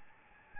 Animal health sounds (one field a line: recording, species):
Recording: mosquito wingbeat signal from an infrared sensor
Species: Aedes albopictus